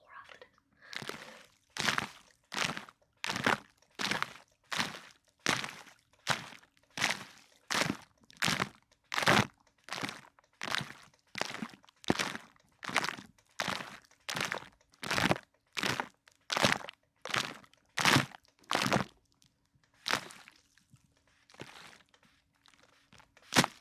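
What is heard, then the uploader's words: A spray bottle is squeezed in a fast, steady rhythm, each squirt a short bright hiss, about one every three-quarters of a second for nearly twenty seconds. The spraying then slows to a few scattered, softer bursts. A faint low hum runs underneath throughout. Water & liquid sounds, spray bottle, water globes.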